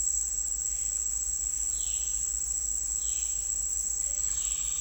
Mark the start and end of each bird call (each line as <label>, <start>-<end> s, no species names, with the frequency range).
bird call (1.7-4.6 kHz), 4.08-4.80 s